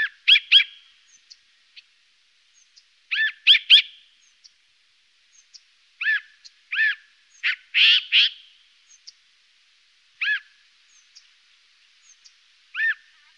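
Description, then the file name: Siberian jay calls: short arched whistled notes, often in quick pairs or triplets, repeated at irregular intervals with faint clicks between. "Lavskrika"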